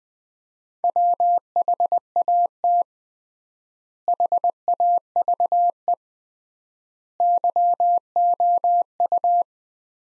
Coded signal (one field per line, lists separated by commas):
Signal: Morse code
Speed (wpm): 20 wpm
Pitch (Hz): 700 Hz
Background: none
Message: WHAT HAVE YOU